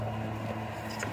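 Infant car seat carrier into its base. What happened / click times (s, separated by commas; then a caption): The carrier latched into its base / 1.0 s. An infant car seat carrier is slid down onto its installed base until it latches, with a steady low hum underneath. A short, sharp click sounds at 1.0 s as the carrier seats firmly in the base and is confirmed secure.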